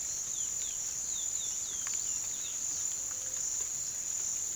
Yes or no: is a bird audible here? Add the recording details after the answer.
yes. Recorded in pastures near Puerto Asís, Putumayo, Colombia, on 8 March 2025 at 07:30. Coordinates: 0.487, -76.322. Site G077